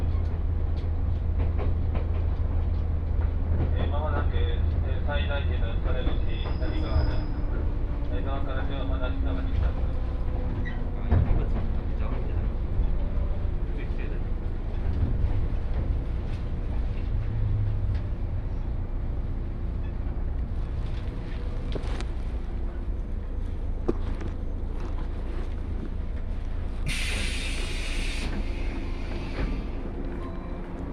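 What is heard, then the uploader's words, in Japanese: A ride aboard the Akō Line train toward Saidaiji, with a steady low rumble of the carriage running throughout. Clattering and squealing tones rise and fall early on, a few short knocks punctuate the run, and a brief bright hiss bursts out near the end. 耳で楽しむ鉄道旅 赤穂線 岡山→西大寺。岡山からは赤穂線に乗車して西大寺に向かいます。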